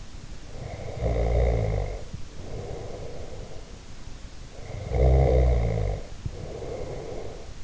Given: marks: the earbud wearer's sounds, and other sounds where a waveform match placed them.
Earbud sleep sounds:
sounds in sleep by an in-ear microphone; snoring breath
0.49-3.80 s: snoring breath
4.53-7.64 s: snoring breath

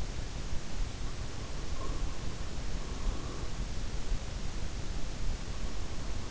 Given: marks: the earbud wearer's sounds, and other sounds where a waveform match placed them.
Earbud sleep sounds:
sounds in sleep by an in-ear microphone; breath
1.51-3.81 s: breath

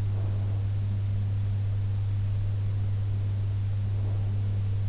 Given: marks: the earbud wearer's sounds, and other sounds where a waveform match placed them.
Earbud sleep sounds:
sounds in sleep by an in-ear microphone; breath
0.00-0.84 s: breath
3.85-4.77 s: breath

